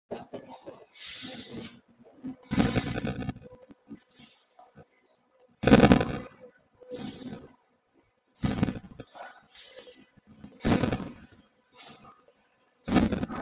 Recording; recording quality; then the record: shallow breathing; poor, much background noise or distortion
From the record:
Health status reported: respiratory illness, not identified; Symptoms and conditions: asthma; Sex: male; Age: 36 years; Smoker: not ticked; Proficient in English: yes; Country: India